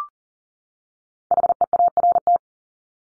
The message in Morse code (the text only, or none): HEART